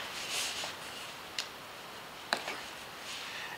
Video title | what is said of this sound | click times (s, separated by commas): Soldering EC5 Connectors | and it will snap into place | 2.3 s